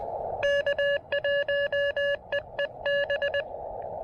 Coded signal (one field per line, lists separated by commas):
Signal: Morse code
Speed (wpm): 20 wpm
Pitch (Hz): 1700 Hz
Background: none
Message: K1EEB